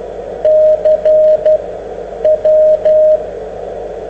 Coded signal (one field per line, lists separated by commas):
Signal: Morse code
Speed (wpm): 12 wpm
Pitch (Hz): 620 Hz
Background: radio noise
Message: CW